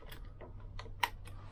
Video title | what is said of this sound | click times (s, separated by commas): Vespa Tuning on a Budget 7 | there you go and it should click in place there you go and that shouldn't turn around | 1.0 s